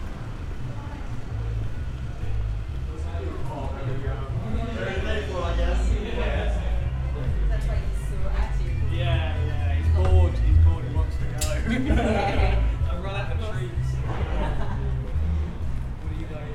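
Bustling crowds and chatter fill a walk through Bath, with overlapping voices talking continuously and a man's voice standing out around the middle. A steady low rumble, like passing traffic, runs underneath, and a few sharp clicks cut through near eleven seconds.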